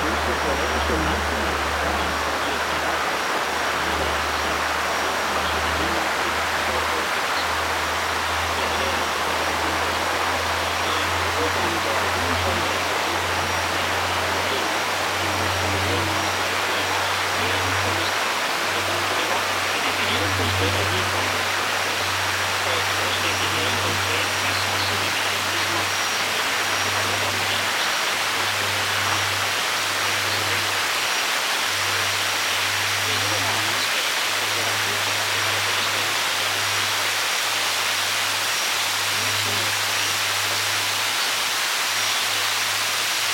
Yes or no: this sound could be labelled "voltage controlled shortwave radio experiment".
yes